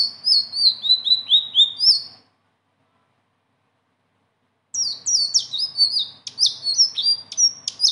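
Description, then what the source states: Blue-winged leafbird song, a quick series of sliding high whistles, then a gap of about two and a half seconds before a busier, more varied run of bright chirps. Singing energetically with a varied rolling song including mimicked filler phrases; recording used as a tutor for training other birds.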